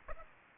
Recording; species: mosquito wingbeat signal from an infrared sensor; Aedes aegypti